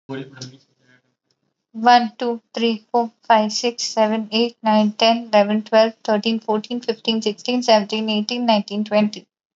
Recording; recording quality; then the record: counting at a fast pace; excellent, no background noise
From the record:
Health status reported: healthy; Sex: female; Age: 27 years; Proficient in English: yes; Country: India